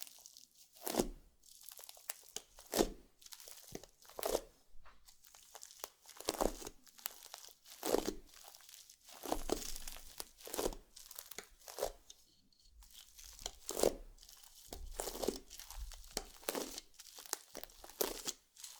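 Slime being squished and stretched, with wet crackling pops and crinkly tearing sounds. Sharp bursts come roughly every second or two, each bright and crisp with a brief low thump, separated by quieter stretches of soft sticky rustling.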